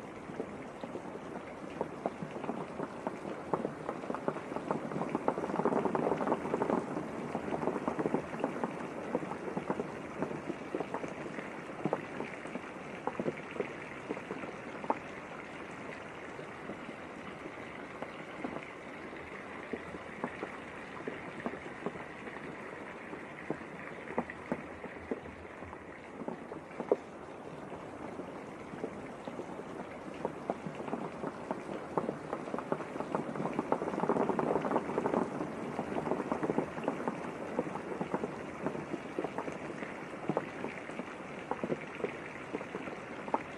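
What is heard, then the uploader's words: Steady rain falls against a window, a dense patter of small drops with frequent sharper ticks scattered throughout. The sound swells slightly around six and thirty-five seconds, then settles again, and a soft low hiss, perhaps running water, sits beneath it all. While You Wait For The Bathtub to fill w/ Water, You Can Relax by The Rainy Window.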